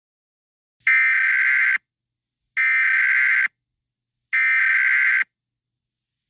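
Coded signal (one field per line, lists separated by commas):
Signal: Emergency Alert System (SAME) tones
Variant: header bursts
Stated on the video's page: Fictional EAS scenario; tones are part of a made-up alert, not a real broadcast.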